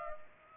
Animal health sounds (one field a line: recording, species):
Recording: mosquito wingbeat signal from an infrared sensor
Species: Culex pipiens